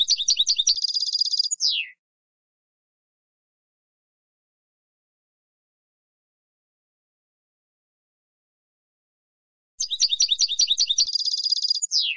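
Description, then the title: European goldfinch song: a fast tinkling phrase of twittering notes ending in a descending buzzy slur, given twice with about eight seconds of silence between. "Jilguero"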